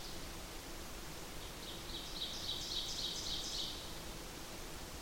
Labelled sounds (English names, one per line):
Ovenbird song